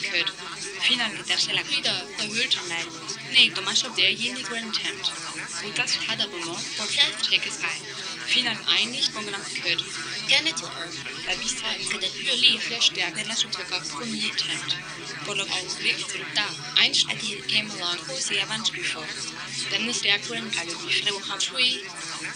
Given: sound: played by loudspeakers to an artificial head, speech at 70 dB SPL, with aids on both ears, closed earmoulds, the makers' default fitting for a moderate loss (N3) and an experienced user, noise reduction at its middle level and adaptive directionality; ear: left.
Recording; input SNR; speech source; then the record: speech test signal (ISTS) in cocktail-party noise; -6 dB; in front (0 degrees)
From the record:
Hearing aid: class 2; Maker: A